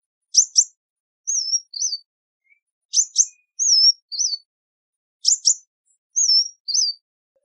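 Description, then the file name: Sunbird phrases of two sharp high chips followed by a twisting whistle and a lower wavy note, repeated three times about every two and a half seconds. "Tieng chim hut mat"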